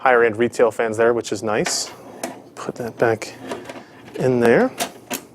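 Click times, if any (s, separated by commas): none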